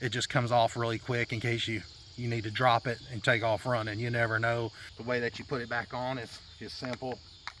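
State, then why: Not seated. Someone talks while handling the quick-release harness clip on a PROYAMA 51.7cc brush cutter, about to put it back onto the brush cutter's hanger, with a steady high insect-like chirring in the background. The clip has not seated or clicked yet; only a brief sharp tick is heard near the end at 7.5 s.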